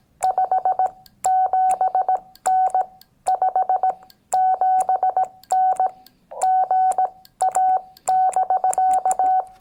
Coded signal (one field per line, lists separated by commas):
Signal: Morse code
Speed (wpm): 18 wpm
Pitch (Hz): 750 Hz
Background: none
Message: 57N 57N GA <BK>